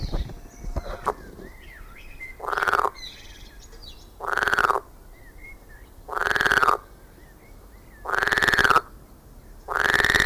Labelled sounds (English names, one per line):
Edible Frog